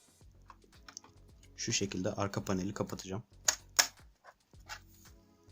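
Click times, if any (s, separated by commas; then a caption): 3.5 s, 3.8 s. The plastic bottom panel of a laptop is pressed back onto the chassis after fan cleaning while someone talks. Two loud, sharp snaps ring out at 3.5 s and 3.8 s as the cover's clips catch, but the clips are not fully seated.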